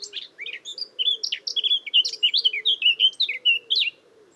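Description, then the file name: Eurasian blackcap song: a fast warbling phrase of chattering and whistled notes. "Sylvia atricapilla"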